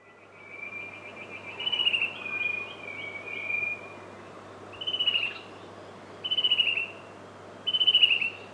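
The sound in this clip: Chestnut-breasted cuckoo calling in several quick pulsed trills that slide slightly downward, with a low steady hum behind.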